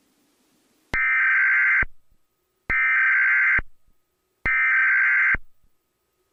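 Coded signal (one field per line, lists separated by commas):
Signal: Emergency Alert System (SAME) tones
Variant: header bursts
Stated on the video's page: Fictional EAS scenario recreation.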